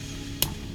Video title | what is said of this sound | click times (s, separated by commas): ₹4,999/- 🔥 Best Budget 22 Monitor 🔥 Acer KA222Q ⚡ Unboxing & Review | टक की आवाज़ आएगी। लॉक हो जाएगा। काम खत्म। | 0.4 s